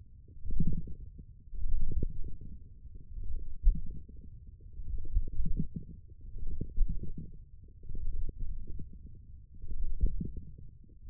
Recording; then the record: forearm muscle sounds (acoustic myography)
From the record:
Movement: wrist extension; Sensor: system 1, eight BSWA MPA416 microphones around the upper forearm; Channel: 3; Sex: male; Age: 20 years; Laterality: left